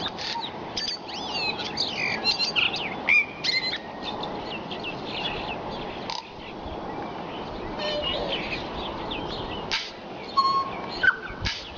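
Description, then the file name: Tui song: quick clicking and warbled high notes early on, a quieter stretch, then clear pure whistles near the end, over faint background noise. Singing at sunrise. "Tui (Prosthemadera novaeseelandiae) singing at sunrise"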